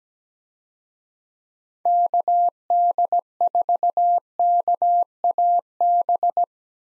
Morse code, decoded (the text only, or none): KD4KAB